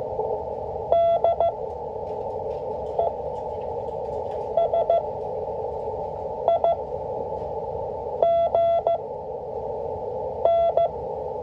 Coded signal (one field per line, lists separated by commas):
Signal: Morse code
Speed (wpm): 15 wpm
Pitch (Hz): 680 Hz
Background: none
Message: DESIGN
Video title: 5 WPM MORSE CODE PRACTICE - W1AW